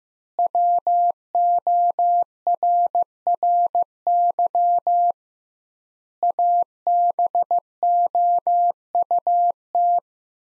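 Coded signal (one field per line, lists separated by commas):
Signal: Morse code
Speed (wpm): 15 wpm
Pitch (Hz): 700 Hz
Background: none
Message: WORRY ABOUT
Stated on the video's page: Morse practice of sets of five words at 15 wpm with 2x word spacing, a Farnsworth-like method; words sent, spoken, then sent again.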